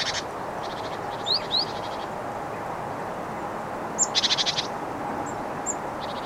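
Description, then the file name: Great tit calls: faint high notes and soft rattles early on, then a louder scolding churr of rapid pulses near the fourth second, over constant background noise. "Parus major"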